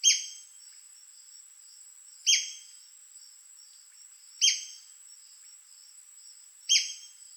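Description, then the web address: White-crested spadebill calls: a sharp, high, downslurred squeaky note given four times, about every two and a quarter seconds, over a steady thin high whine. "White crested spadebill. پرنده-بیلچه-نوک-کاکل-سفید"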